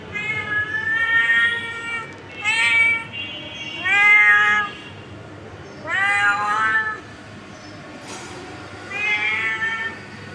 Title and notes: Today morning I arrived my house without food for my cat. So he became so anrgy to me. He shouted me.